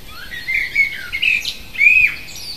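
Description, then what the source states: Bird singing a rambling twittering phrase with thin whistles and a drawn-out slurred note near the end, against constant background noise. Native bird recorded in a hedge in May.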